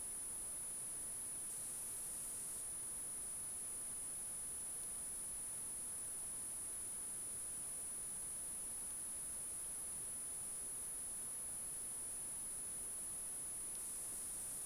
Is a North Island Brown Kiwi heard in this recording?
no